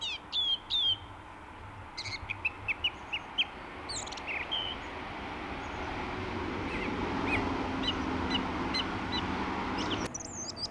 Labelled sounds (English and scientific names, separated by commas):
Song Thrush (Turdus philomelos) song